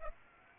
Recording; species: mosquito wingbeat signal from an infrared sensor; Aedes aegypti